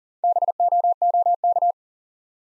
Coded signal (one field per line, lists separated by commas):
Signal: Morse code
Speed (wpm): 40 wpm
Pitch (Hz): 700 Hz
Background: none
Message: BOOK